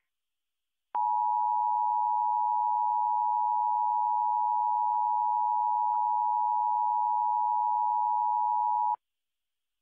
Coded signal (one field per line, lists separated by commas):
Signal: Emergency Alert System (SAME) tones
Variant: 853 and 960 Hz attention tone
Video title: EAS Scenario - Category 6 (Part 2)